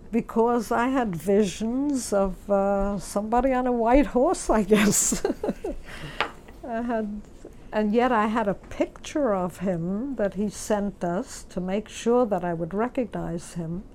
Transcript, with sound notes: Because I had visions of somebody on a white horse I guess. (She laughs.) I had, and yet I had a picture of him that he sent us to make sure that I would recognize him.